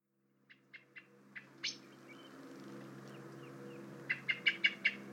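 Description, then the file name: Common blackbird calls: a few spaced ticking notes, then a burst of five loud, rapid chinks near the end, against quiet background noise. "Turdus merula"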